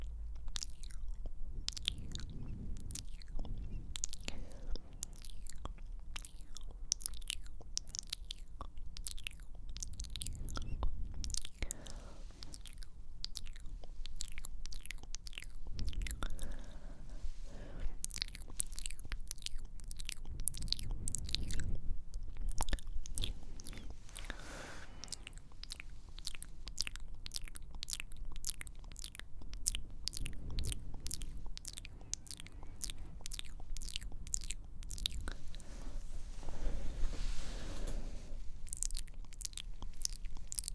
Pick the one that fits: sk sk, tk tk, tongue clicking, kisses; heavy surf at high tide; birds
sk sk, tk tk, tongue clicking, kisses